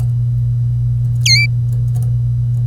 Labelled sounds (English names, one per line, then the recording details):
Domestic Canary song
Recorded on 25 April 2018 at 07:50
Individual llb3